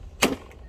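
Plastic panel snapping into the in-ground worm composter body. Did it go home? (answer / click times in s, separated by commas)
yes / 0.2 s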